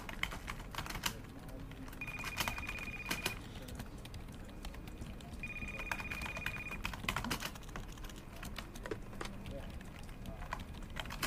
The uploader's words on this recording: A relaxing day at a corner office in a commercial building. The sound of conversations, Xerox machines, keyboard typing, and phones ringing.